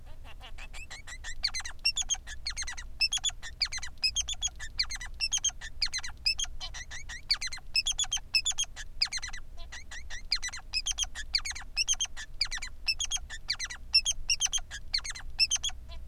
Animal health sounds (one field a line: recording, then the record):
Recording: song of a male Bengalese finch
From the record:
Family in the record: son of father 3